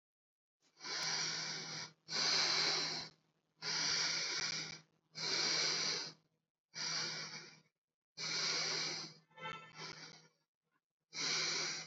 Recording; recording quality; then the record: deep breathing; moderate, slight background noise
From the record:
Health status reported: healthy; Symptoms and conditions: none ticked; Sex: male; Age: 43 years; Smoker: not ticked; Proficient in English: yes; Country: India